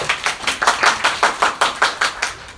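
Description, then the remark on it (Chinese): Audience applause at a new book launch press event, welcoming Mr. Liao, a company head, to the stage, in a steady, even rhythm, about a dozen bright, crisp claps in quick succession at a moderate loudness, with no voices over them. “我们掌声欢迎廖总。”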